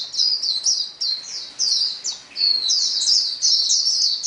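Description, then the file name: White-eye song: bursts of high, sweet twittering notes from more than one bird in quick phrases with short gaps. Chorus of many birds singing together, described as a choir. "paduan suara pleci"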